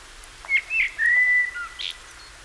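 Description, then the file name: Common blackbird fluted song phrase: a few mellow whistled notes sliding around mid pitch over a second, ending with a brief higher twitter; quiet background otherwise. "Turdus merula"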